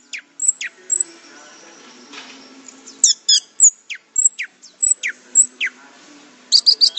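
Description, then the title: Orange-headed thrush uttering scattered sharp, steeply falling high notes and quick chips, ending with a brisk trill. "Anis Merah"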